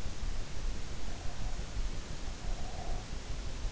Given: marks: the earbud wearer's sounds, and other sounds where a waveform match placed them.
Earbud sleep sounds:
sounds in sleep by an in-ear microphone; breath
2.27-3.26 s: breath

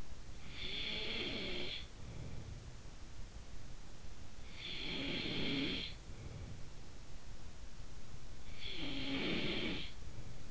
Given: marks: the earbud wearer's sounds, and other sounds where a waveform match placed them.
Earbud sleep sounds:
sounds in sleep by an in-ear microphone; snoring breath
0.00-2.91 s: snoring breath
3.82-6.80 s: snoring breath
8.11-10.51 s: snoring breath

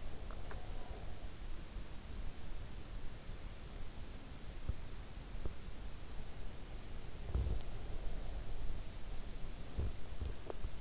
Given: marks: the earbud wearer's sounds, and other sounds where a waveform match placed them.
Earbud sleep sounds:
sounds in sleep by an in-ear microphone; teeth grinding
0.00-1.98 s: teeth grinding
4.58-4.82 s: teeth grinding
5.32-5.55 s: teeth grinding
7.16-8.93 s: teeth grinding
9.71-10.81 s: teeth grinding

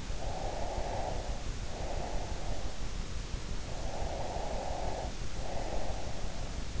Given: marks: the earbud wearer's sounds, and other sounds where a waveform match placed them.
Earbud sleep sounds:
sounds in sleep by an in-ear microphone; breath
0.06-2.81 s: breath
3.77-6.56 s: breath

